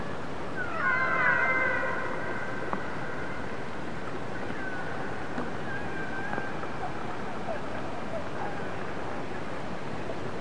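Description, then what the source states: Orca call: a strong harmonic call opens with a quick upward flick, then fainter wavering calls and occasional clicks trail off in noisy water. Transient orca.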